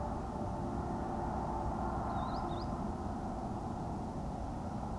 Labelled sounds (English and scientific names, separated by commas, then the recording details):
Green Sandpiper (Tringa ochropus)
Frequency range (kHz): Green Sandpiper (Tringa ochropus) 3.2-5.3 kHz
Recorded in France